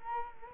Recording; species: mosquito wingbeat signal from an infrared sensor; Culex quinquefasciatus